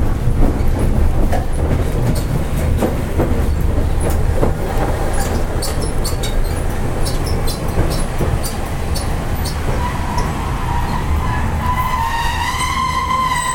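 A Hankai Tramway 701-series tram rolls along with a steady low rumble and frequent sharp clicks and clatters from the rails. Near the end, from about ten seconds, a rising whine climbs in pitch as the motor speeds up.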